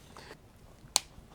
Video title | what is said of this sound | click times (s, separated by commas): Agora Models FDNY Ladder 9 Firetruck. Pack 3 Stages 19 & 20. | And you can hear it click into place. | 1.0 s